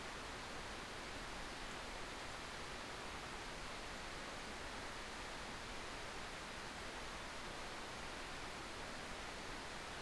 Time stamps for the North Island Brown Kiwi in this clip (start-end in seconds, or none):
none